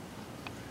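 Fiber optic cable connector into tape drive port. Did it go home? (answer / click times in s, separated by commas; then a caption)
yes / 0.5 s. A fiber optic cable connector is pushed back into the port of a Dell ML6000 tape drive, fitting only one way. Against a low steady background, a short, sharp click at 0.5 s marks the connector seating in place.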